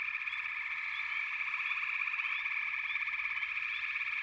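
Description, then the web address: Frogs calling in a thick chorus, rapid throbbing trills with a few brief rising chirps over the top. A chorus of frogs calling together. "The Natural Sounds of the Wilderness. Echoes of Nature - Frog Chorus"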